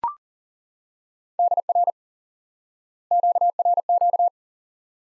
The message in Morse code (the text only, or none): DR QRQ